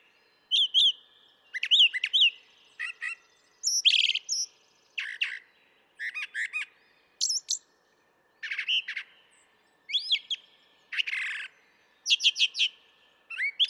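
Brown thrasher song, a steady stream of doubled phrases mixing rasping notes, sharp chips and high slurred whistles, each pair followed by a brief gap.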